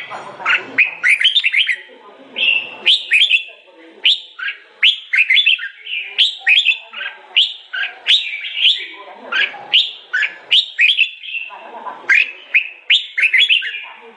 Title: Suara Burung Kutilang